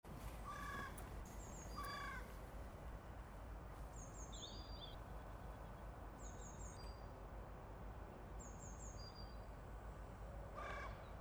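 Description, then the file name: Carrion crow giving harsh caws, two close together early on and another near the end, with thin high chirps from small birds over a steady low rumble. "Corvus corone"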